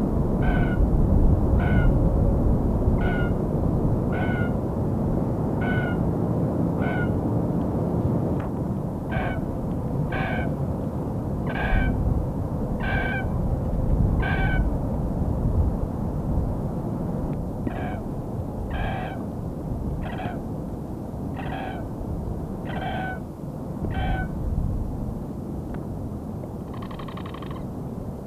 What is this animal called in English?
Spot-bellied Eagle-Owl